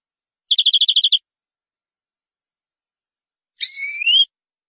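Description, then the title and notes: Canary trilling about nine rapid notes, followed after a gap by a sliding, rising double whistle. "BM Suara Kenari. BM Suara Burung Kenari"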